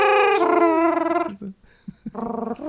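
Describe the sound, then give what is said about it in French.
A voice imitates the high-pitched purring song of Gizmo from the film Gremlins: a wavering, trilled hum that breaks off after about a second. A few short throaty sounds follow before the fluttering hum returns briefly. “On dirait qu'il ronronne aigu.”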